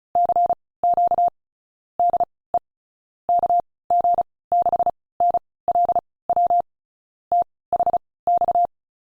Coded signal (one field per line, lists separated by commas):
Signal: Morse code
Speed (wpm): 34 wpm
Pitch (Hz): 700 Hz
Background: none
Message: CQ DE KG6NLW THX